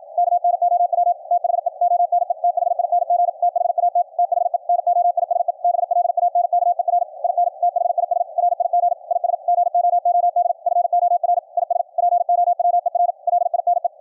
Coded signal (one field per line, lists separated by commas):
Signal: Morse code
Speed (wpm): 53 wpm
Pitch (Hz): 700 Hz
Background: none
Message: KNOW THE ONE THING THAT THE NOISE BLANKER IN THIS RIG IS GOOD FOR IS POWER LINE